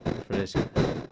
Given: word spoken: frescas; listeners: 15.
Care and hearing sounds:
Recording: one Spanish word in noise, from a listening test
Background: noise modulated by one talker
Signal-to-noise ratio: -8.3 dB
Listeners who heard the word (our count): 1 of 15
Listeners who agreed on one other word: 8 of 15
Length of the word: 0.72 s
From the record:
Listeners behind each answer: 8, 2, 1, 1, 1, 1, 1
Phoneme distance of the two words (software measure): 7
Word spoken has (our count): 2 syllables, 7 phonemes, stress on syllable 1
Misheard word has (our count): 2 syllables, 6 phonemes, stress on syllable 1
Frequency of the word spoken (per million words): 7.31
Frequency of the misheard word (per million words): 14.26

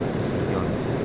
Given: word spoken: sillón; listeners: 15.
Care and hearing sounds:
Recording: one Spanish word in noise, from a listening test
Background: speech-shaped noise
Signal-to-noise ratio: -6.4 dB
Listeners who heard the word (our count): 2 of 15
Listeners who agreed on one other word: 6 of 15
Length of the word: 0.65 s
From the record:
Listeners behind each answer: 6, 5, 2, 1, 1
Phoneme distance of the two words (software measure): 34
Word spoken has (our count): 2 syllables, 5 phonemes, stress on syllable 2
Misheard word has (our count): 2 syllables, 5 phonemes, stress on syllable 2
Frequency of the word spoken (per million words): 19.48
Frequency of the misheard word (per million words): 228.79

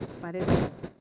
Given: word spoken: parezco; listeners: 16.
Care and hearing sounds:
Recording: one Spanish word in noise, from a listening test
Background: noise modulated by one talker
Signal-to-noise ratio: -10.5 dB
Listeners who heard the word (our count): 3 of 16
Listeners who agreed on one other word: 6 of 16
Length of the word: 0.61 s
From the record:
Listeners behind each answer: 6, 5, 3, 2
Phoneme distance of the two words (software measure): 17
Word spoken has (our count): 3 syllables, 7 phonemes, stress on syllable 2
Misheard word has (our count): 3 syllables, 6 phonemes, stress on syllable 2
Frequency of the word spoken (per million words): 1.80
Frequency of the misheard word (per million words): 357.59

